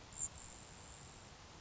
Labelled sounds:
Grasshopper Sparrow
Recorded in Sonoma County, California

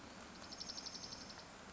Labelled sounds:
Dark-eyed Junco
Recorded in Sonoma County, California

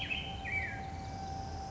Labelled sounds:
Black-headed Grosbeak
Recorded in Sonoma County, California

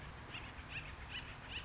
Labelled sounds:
Acorn Woodpecker
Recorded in Sonoma County, California

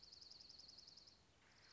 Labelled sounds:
Dark-eyed Junco
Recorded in Sonoma County, California

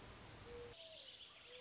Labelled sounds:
Mourning Dove
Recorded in Sonoma County, California

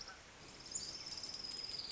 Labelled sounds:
Orange-crowned Warbler
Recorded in Sonoma County, California

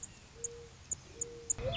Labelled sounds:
Mourning Dove
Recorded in Sonoma County, California

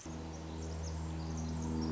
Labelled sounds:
Pacific Wren
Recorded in Sonoma County, California

